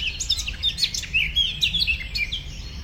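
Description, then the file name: Eurasian blackcap warbling, a continuous run of quick varied whistled and twittering notes with no pause throughout. "Sylvia atricapilla"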